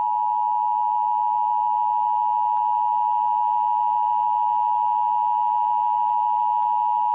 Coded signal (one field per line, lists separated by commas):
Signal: Emergency Alert System (SAME) tones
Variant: 853 and 960 Hz attention tone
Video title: EAS Mock Monday S1 Ep1: Shelter In-Place Warning in Pennsylvania || Sep 19-20, 2014